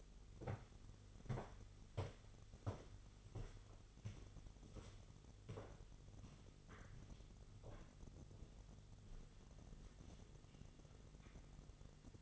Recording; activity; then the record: daily activity, microphone in the room; walk to room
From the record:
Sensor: 4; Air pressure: 989.0 hPa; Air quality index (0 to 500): 202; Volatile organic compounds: 48 ppm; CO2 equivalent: 3267 ppm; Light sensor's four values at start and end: 29/97/36/38 and 29/99/37/38